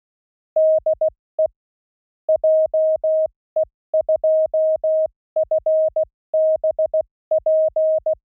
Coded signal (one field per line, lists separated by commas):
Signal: Morse code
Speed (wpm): 16 wpm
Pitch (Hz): 630 Hz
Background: music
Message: DE JE2FBP